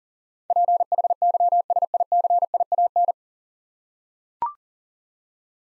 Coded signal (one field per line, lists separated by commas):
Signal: Morse code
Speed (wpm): 40 wpm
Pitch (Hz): 700 Hz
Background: none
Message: PHYSICIAN